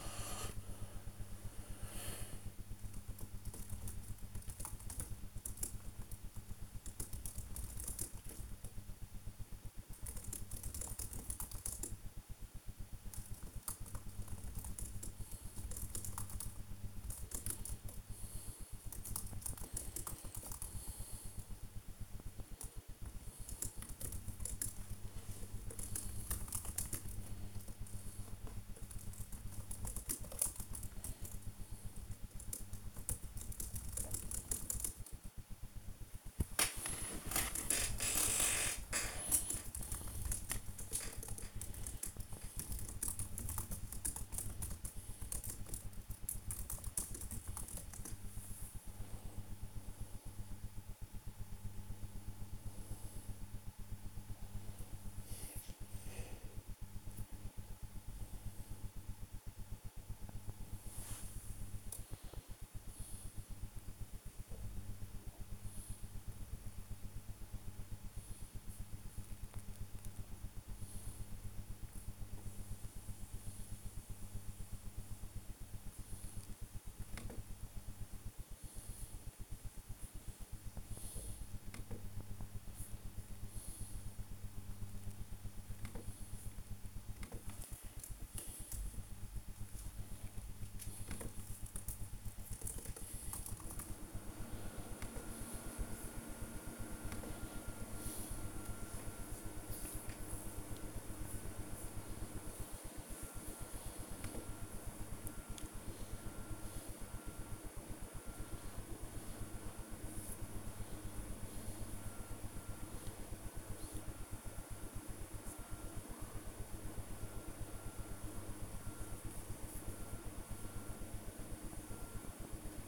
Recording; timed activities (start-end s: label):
household activities, microphone on the right wrist
0.00-90.25 s: working on the computer
94.29-122.88 s: working on the computer